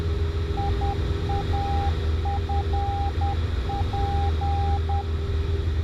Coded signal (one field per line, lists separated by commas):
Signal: Morse code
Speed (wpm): 10 wpm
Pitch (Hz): 800 Hz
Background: none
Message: IAFP